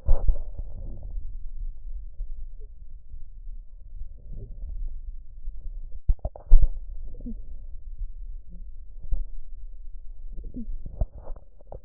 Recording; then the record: lung sounds by stethoscope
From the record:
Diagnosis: chronic bronchitis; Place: left posterior upper chest